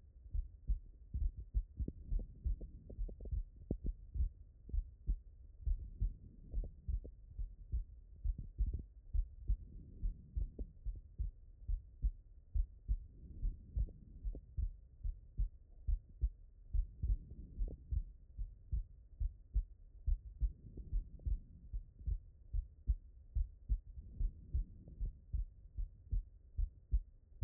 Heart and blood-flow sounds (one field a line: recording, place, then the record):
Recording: heart sounds by stethoscope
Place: pulmonary valve (PV)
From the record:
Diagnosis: non-HFrEF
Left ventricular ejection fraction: 78%